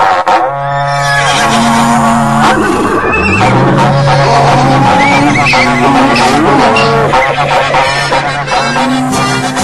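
A cattle horn blows long, low held notes that rise and slide in pitch, while horses whinny and neigh over a loud, busy background for the whole stretch.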